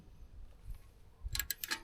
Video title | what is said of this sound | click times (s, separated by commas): Kubota Tractor Overheating? Watch This Radiator Replacement DIY!" | Yeah. So this just stripped. | 1.4 s, 1.5 s